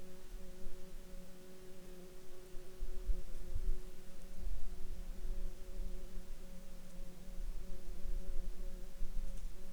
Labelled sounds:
insects
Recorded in Ivvavik National Park, Yukon, on 29 June 2019 at 12:55
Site SINP09

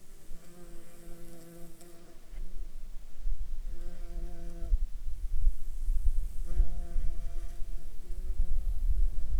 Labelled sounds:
insects
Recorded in Ivvavik National Park, Yukon, on 5 July 2019 at 14:50
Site SINP09

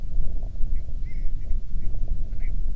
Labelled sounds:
bird
wind
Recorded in the Prudhoe Bay oil fields, Alaska, on 25 July 2019 at 01:51
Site 11

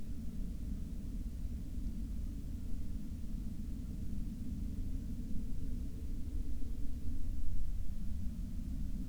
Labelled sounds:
aircraft
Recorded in the Prudhoe Bay oil fields, Alaska, on 6 August 2019 at 13:21
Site 13

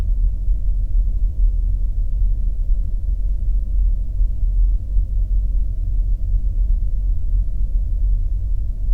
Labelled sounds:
machinery
flare stack
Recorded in the Arctic National Wildlife Refuge, Alaska, on 3 September 2019 at 09:54
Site 35

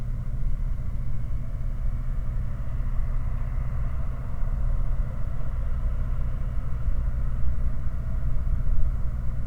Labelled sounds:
machinery
flare stack
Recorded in the Prudhoe Bay oil fields, Alaska, on 5 August 2019 at 01:29
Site 29

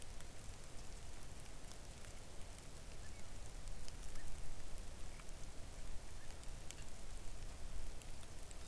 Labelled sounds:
rain
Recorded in the Arctic National Wildlife Refuge, Alaska, on 3 August 2019 at 05:44
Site 41

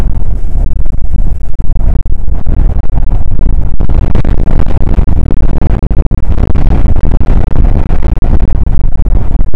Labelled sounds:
wind
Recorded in the Prudhoe Bay oil fields, Alaska, on 19 July 2019 at 00:04
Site 25

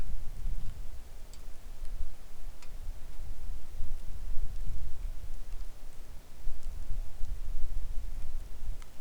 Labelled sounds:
wind
rain
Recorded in the Arctic National Wildlife Refuge, Alaska, on 3 August 2019 at 10:02
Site 41

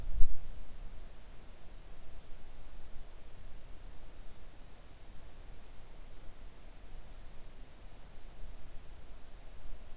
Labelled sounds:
near silence
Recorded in the Arctic National Wildlife Refuge, Alaska, on 3 August 2019 at 05:15
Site 41

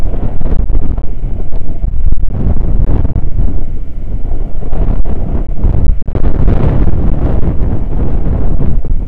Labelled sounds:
wind
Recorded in the Prudhoe Bay oil fields, Alaska, on 9 August 2019 at 00:01
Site 29

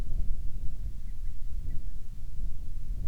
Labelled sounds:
bird
wind
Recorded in the Arctic National Wildlife Refuge, Alaska, on 10 July 2019 at 18:01
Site 44

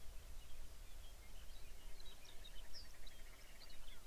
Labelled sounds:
songbird
grouse or ptarmigan
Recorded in the Arctic National Wildlife Refuge, Alaska, on 23 May 2019 at 05:08
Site 49

